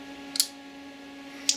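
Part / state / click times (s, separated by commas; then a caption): grip system clip pressing oboe cane into a gouging machine bed / seated / 0.4 s, 1.5 s. A grip system knob on a gouging machine is pulled, and a clip presses the slightly overlong oboe cane down into the gouger bed. Sharp clicks are heard at 0.4 s and 1.5 s over a steady low hum. The cane is seated and held firmly in the bed.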